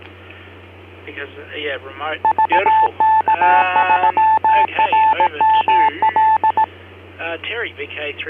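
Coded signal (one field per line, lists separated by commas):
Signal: Morse code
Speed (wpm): 18 wpm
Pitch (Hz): 880 Hz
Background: speech, radio noise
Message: VK3RML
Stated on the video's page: Morse heard during a DSSTV net.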